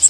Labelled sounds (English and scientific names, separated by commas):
Magnolia Warbler (Setophaga magnolia) flight call